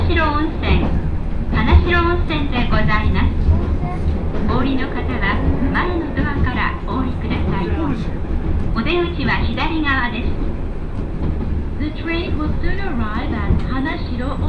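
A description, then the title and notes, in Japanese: Inside a crowded one-car railbus, many voices chatter continuously over the low, steady rumble of the train running along the rails. 明知鉄道 明智→恵那。１両のレールバスは子供連れや高校生もいるなど一杯で予想外のにぎわいでした。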